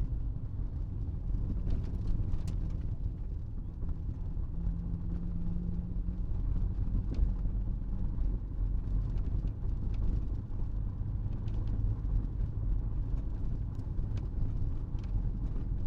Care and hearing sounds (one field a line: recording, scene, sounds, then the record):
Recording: everyday scene through a hearing-aid microphone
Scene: in a vehicle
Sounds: engine, rumble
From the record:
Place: Berlingo II, diesel engine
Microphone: in the ear canal, right